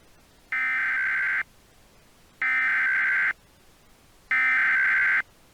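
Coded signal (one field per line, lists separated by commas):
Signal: Emergency Alert System (SAME) tones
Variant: header bursts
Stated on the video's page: Valid EAS tones in an entirely fictional alert scenario.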